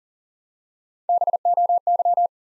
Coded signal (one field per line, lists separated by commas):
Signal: Morse code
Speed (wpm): 42 wpm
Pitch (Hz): 700 Hz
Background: none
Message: BOY